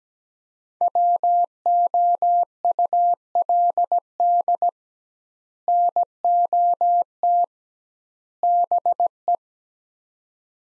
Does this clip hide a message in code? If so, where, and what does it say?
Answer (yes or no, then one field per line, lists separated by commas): yes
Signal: Morse code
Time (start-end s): 0.8-9.4 s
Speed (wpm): 17 wpm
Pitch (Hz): 700 Hz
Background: none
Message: WOULD NOT BE